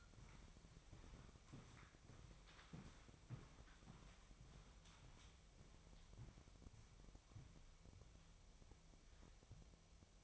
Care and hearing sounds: daily activity, microphone in the room; walk to room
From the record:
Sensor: 1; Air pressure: 999.5 hPa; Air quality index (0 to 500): 197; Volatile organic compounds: 39 ppm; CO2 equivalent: 3137 ppm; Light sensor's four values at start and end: 10/24/9/10 and 10/24/9/10

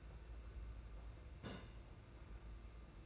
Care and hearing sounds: daily activity, microphone in the room; place on stove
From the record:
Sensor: 2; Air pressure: 991.9 hPa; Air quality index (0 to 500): 233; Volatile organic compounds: 1000 ppm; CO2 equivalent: 7843 ppm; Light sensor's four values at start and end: 18/56/22/20 and 18/56/22/20

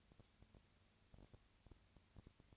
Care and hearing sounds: daily activity, microphone in the room; no activity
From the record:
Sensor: 2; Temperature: 20.1 degrees Celsius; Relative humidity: 35.5%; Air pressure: 996.8 hPa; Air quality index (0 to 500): 197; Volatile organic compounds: 30 ppm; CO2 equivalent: 2952 ppm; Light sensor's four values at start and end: 2/3/2/2 and 2/3/2/2

